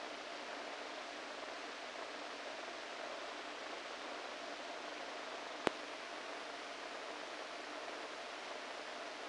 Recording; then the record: brain microelectrode recording played as sound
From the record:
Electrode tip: inside the subthalamic nucleus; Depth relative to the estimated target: -3 mm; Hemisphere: right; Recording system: NeuroSet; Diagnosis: Parkinson's disease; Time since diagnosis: 14 years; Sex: male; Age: 51 years